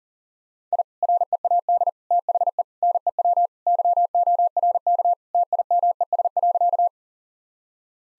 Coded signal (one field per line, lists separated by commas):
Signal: Morse code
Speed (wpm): 40 wpm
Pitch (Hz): 700 Hz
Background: none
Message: I READ THE NEW YORK TIMES.